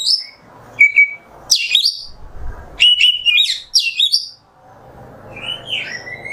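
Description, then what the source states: Oriental magpie-robin singing short bursts of high sharp whistles and chirps between quiet gaps, ending with a few soft rising notes. Kacer singing in the 'nembak' song style, on a 'masteran' recording.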